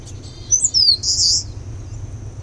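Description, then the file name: Eastern crowned warbler calling: two quick high, thin notes, the second sliding down, then a harsh buzzy note, over a steady high whine and low rumble. "warbler-eastern-crowned -Phylloscopus-coronatus"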